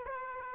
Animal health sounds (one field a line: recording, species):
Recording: mosquito wingbeat signal from an infrared sensor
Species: Aedes aegypti